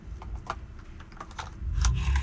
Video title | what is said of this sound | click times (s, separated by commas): Different Types of Shotguns- Loading & Unloading: Pump, Semiautomatic & Break Action | just like the 12 gauge, you're going to slide it in there till it clicks. | 1.8 s